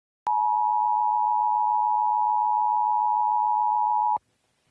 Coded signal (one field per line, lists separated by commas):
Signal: Emergency Alert System (SAME) tones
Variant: 853 and 960 Hz attention tone